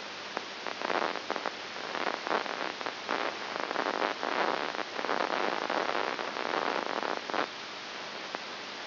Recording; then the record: brain microelectrode recording played as sound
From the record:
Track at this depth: inside the subthalamic nucleus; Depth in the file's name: 6.901 mm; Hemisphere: left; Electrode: 2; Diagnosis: Parkinson's disease